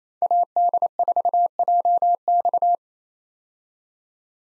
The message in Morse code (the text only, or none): AD4JX